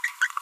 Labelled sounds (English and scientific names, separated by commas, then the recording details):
Green-rumped Parrotlet (Forpus passerinus) babbling
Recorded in a nest box in Venezuela
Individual 18B25A3